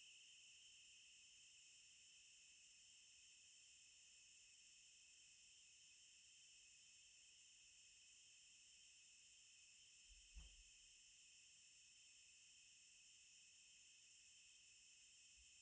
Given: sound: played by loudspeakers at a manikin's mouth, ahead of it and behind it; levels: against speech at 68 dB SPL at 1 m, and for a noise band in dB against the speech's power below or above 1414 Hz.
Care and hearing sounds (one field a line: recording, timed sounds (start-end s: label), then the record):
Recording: test signals for a remote microphone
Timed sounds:
0.00-15.61 s: noise band at 2828 Hz, as loud as that band is in speech
From the record:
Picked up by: remote microphone D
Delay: 24 ms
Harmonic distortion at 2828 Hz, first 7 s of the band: under -7 dB (system noise only)